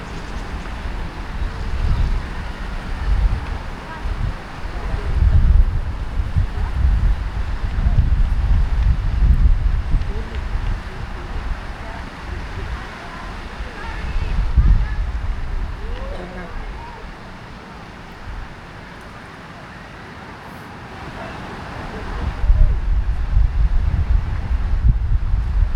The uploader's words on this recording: Captured in a city park on Boxing day. A fountain is spraying water high into the air in the distance while children play.